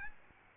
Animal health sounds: mosquito wingbeat signal from an infrared sensor; Aedes albopictus

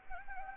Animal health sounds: mosquito wingbeat signal from an infrared sensor; Anopheles gambiae

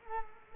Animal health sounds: mosquito wingbeat signal from an infrared sensor; Culex quinquefasciatus

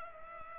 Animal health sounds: mosquito wingbeat signal from an infrared sensor; Culex pipiens

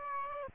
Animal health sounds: mosquito wingbeat signal from an infrared sensor; Aedes aegypti

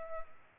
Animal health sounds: mosquito wingbeat signal from an infrared sensor; Culex pipiens

